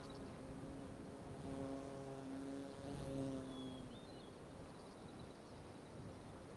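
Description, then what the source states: Fly buzzing as a low droning hum that comes and goes, with a short bird whistle. Outdoor ambience with loud flies and light birdsong.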